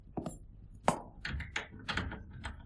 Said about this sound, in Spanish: La puerta, por sí misma, se ha cerrado.